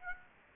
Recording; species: mosquito wingbeat signal from an infrared sensor; Aedes aegypti